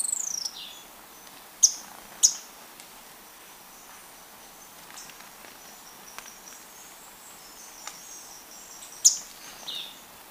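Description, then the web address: Handsome flycatcher uttering a few sharp, very high chips at irregular intervals, with a long pause before the last, over low steady background noise. Ecuador, South America. "Natures Songs S America Birds of Ecuador Handsome Flycatcher"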